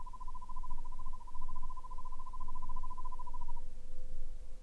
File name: buff-fronted owl